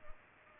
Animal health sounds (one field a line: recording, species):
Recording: mosquito wingbeat signal from an infrared sensor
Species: Culex pipiens